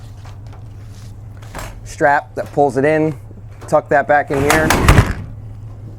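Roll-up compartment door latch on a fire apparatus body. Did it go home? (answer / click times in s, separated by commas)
yes / 5.1 s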